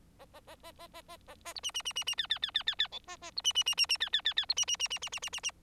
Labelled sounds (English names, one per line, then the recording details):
Bengalese Finch song
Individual Bird4